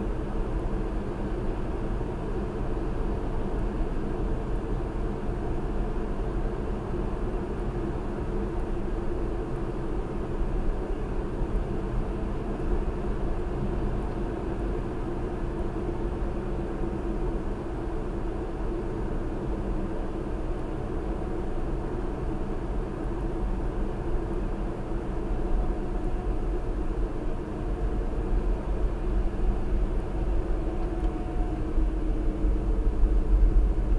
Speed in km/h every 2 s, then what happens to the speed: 66, 66, 68, 68, 66, 66, 66, 68, 64, 64, 64, 64, 64, 63, 63, 64, 58.
0-30 steady at about 64. 30-34 slows to 58.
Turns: none.